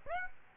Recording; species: mosquito wingbeat signal from an infrared sensor; Aedes aegypti